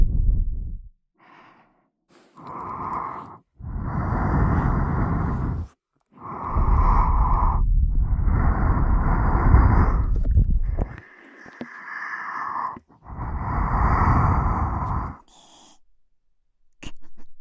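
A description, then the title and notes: Ear-eating mouth sounds arrive in about seven thick, breathy bursts, each lasting one to three seconds, with short silent gaps between them. The bursts are full and hissy with a strong middle tone, and a longer stretch of continuous sound runs through the middle. ASMR Halloween Ear Eating.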